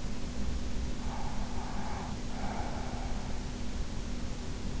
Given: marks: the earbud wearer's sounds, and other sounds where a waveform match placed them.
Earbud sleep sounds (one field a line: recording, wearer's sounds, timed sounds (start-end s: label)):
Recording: sounds in sleep by an in-ear microphone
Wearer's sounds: breath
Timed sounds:
1.00-3.24 s: breath